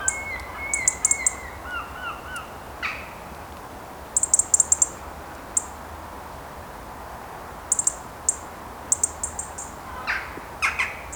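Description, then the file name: European robin giving rapid high ticking calls in bursts of several, over steady low background noise. "Erithacus rubecula"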